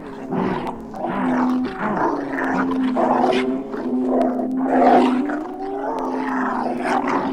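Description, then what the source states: Wolf howls held beneath throaty snarls and growls, with several rough bursts overlapping a steady sustained tone. Wolves howling and snarling.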